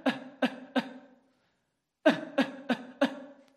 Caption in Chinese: 发力点呢就在你的下面， 肚脐眼下面三指的地方啊，俗称丹田嘛。 当你在咳嗽的时候，你的丹田会瞬间的发力，把气息推出来。